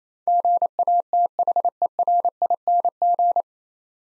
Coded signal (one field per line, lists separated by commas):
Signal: Morse code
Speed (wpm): 28 wpm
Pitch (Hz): 700 Hz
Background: none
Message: GATHERING